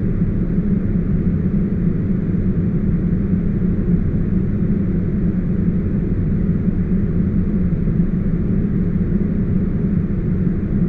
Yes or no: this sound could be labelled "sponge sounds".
no